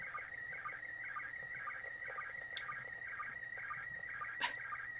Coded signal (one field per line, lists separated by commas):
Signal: SSTV (slow-scan television)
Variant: PD 120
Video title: Lets Get Our General License! Pt. 1 Basic Operation | Ham? Radio Crash Course